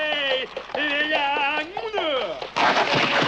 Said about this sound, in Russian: Лед ломается, и конь проваливается в воду.